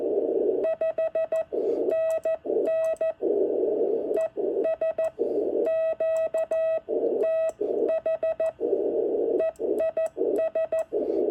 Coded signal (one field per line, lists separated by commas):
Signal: Morse code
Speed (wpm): 13 wpm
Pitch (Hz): 650 Hz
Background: none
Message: 5NN ES QTH EIS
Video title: Another Unexpected eBay buy, 2 NorCal Sierras and a nice QSO!